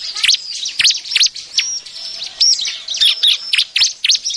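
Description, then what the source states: Bar-winged prinia calling in quick high chirps and steep V-shaped sweeps, with a few thin level whistles between them and an irregular, excited rhythm. Noisy calls used as an effective lure.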